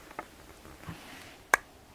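The fully extended rewind knob of an Argus V-100 35mm camera is turned during film unloading, with faint ticks near 0.1 and 0.2 seconds. A small, sharp click at 1.5 seconds shows the film rewind mechanism has released and the film has come free.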